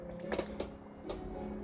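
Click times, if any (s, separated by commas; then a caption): 0.3 s, 0.6 s, 1.1 s. After the handbrake cable on a Mercedes W202 is adjusted and tightened, the handbrake lever in the car is pulled up and its ratchet pawl clicks over three notches to check the adjustment. Three short, sharp clicks are heard at 0.3, 0.6 and 1.1 seconds over a steady low tonal hum. The lever seats at the third notch.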